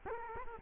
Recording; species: mosquito wingbeat signal from an infrared sensor; Culex quinquefasciatus